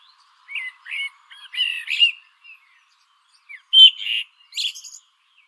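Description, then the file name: Common blackbird singing two rapid phrases of rich warbled notes with scratchy high flourishes. "Turdus merula"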